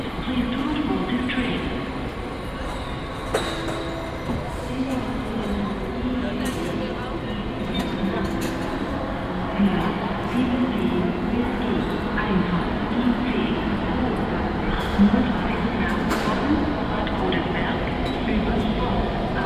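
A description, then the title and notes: A busy station platform with a dense, steady murmur of many voices and a low rumble underneath. Brief clicks and knocks break through now and then, around the 3-second mark and again near 15 and 16 seconds, with faint train sounds in the background. General atmosphere at a platform at Cologne Central Station.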